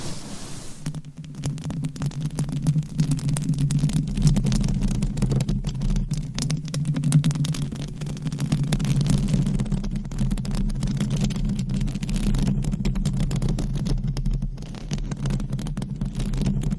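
Continuous scratching on a microphone cover makes a heavy, steady low rumble, overlaid with dense, rapid crackles and rustles that persist throughout.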